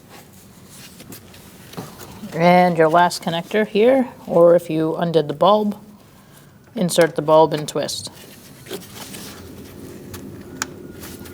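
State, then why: Seated. A headlight bulb and its connector are inserted into the back of the headlight housing on the reinstalled front-end assembly of a 2000-2006 Mini Cooper 1.6L L4 and twisted until they lock. Someone talks, then after a few soft handling sounds a sharp click at 10.6 s shows the bulb has seated.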